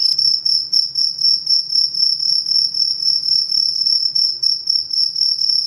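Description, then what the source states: Cricket giving rapid, shrill chirps in an unbroken pulsing rhythm, several per second, over a soft low rumble. Cricket chirping played as a sound to repel mosquitoes, insects and rats.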